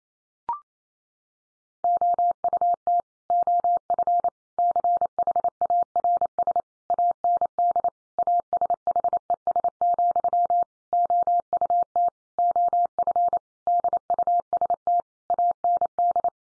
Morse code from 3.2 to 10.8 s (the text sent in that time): OF CHARS AND ASHES,